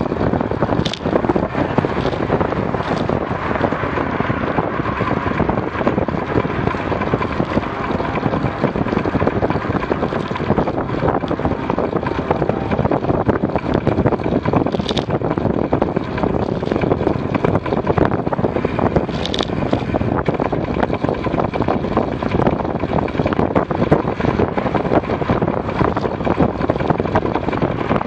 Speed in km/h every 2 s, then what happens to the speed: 39, 38, 33, 39, 36, 37, 36, 38, 45, 43, 41, 42, 42, 36.
0-5 slows to 33. 5-13 steady at about 36. 13-17 speeds up to 45. 17-23 steady at about 42. 23-25 slows to 36.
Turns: none.